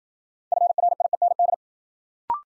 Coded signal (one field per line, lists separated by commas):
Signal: Morse code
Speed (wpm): 56 wpm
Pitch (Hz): 700 Hz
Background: none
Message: FRIEND